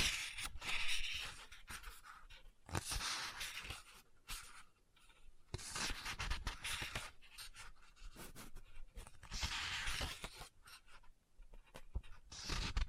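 Fingers tap and scratch on a book, with soft rustling strokes that swell and fade in bursts roughly every two to three seconds. Sharp taps punctuate the scratching, and brighter swishes near the middle and end suggest pages being turned.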